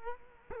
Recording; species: mosquito wingbeat signal from an infrared sensor; Culex quinquefasciatus